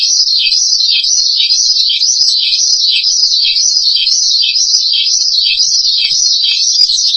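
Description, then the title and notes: Starling song as a nonstop high warble, with rhythmic rises and falls and no other clear sounds. "suara burung jalak"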